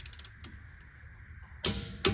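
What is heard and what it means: An ANPUDS click-type torque wrench is ratcheted on a fastener, with faint light ticks early on, then pulled again until it reaches its set torque. Two sharp, loud clicks ring out at 1.7 s and 2.1 s, confirming the wrench breaks at its setting.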